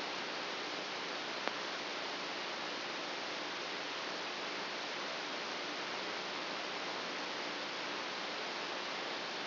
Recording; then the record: brain microelectrode recording played as sound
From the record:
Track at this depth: outside the subthalamic nucleus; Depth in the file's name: 5.002 mm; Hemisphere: right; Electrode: 2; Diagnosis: Parkinson's disease